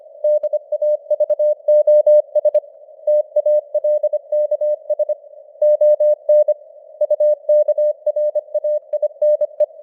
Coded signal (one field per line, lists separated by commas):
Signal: Morse code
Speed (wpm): 25 wpm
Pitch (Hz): 600 Hz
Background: none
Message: DAVOS TALKS ON UKRAINE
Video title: Morse Code News | 2026-01-21 | 25wpm